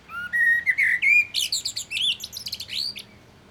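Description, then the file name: Common blackbird song: a single phrase opening with clear, rising fluted whistles and running into a fast, squeaky, scratchy twitter. "Turdus merula"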